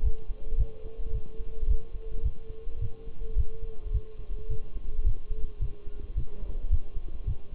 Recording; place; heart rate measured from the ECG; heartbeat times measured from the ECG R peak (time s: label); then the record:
heart sounds by stethoscope; between the tricuspid and mitral areas; 108 bpm
0.04 s: heartbeat
0.59 s: heartbeat
1.14 s: heartbeat
1.69 s: heartbeat
2.25 s: heartbeat
2.81 s: heartbeat
3.38 s: heartbeat
3.94 s: heartbeat
4.50 s: heartbeat
5.06 s: heartbeat
5.62 s: heartbeat
6.17 s: heartbeat
6.72 s: heartbeat
7.27 s: heartbeat
From the record:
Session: Bruce protocol treadmill stress test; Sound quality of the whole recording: partially saturated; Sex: male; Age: 23 years